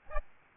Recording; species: mosquito wingbeat signal from an infrared sensor; Aedes albopictus